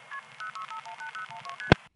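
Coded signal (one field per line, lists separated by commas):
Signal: multi-frequency trunk signalling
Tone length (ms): 110 ms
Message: KP06518012ST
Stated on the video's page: Long-distance calls placed from the Florida, New York step-by-step exchange in the 914 area.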